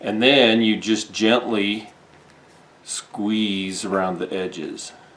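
Someone talks while gently squeezing around the edges of an iPhone 6 or 6s display assembly, working its plastic clips toward the aluminium phone housing. Speech fills roughly the first two seconds, then a short near-silent pause, then more speech from about 2.9 seconds. Nothing has seated or clicked yet.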